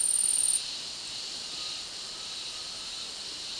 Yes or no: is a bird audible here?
no